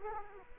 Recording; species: mosquito wingbeat signal from an infrared sensor; Culex quinquefasciatus